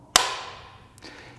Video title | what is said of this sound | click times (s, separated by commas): Unboxing Wallwerx Storage & Organization System - Kickstarter Kit | and snap into place | 0.2 s